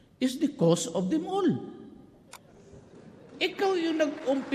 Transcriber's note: applause